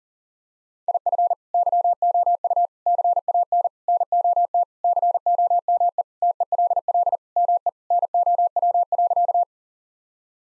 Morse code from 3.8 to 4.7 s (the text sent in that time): NOT